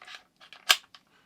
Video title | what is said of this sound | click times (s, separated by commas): What's In Our Camera Bags? - The Bags We Use and Why | it just snaps right in | 0.7 s